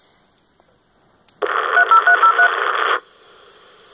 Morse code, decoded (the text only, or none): none